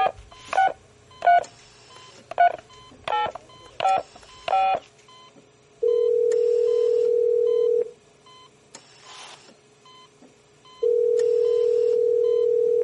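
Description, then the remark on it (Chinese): A quick run of eight or so keypad dialing beeps, then a phone ringback tone: two long, steady, mid-pitched buzzes of about two seconds each, separated by a few seconds of quiet. A phone call placed from a hospital in the early hours of the morning. “电话里的嘟嘟声响了好一会儿，那边才接过来。”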